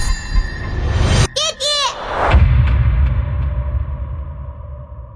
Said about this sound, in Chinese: 快出林子的时候，身子陡然一震，他听到了枪声，不止一枪。